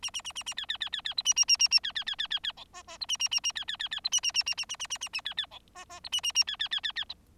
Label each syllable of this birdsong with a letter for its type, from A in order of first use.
A A A A A B B B B B C A A A A A B B B B B B D E E C A A A A B B B B C A A A A A A A A A A B B D E E C A A A B B B B B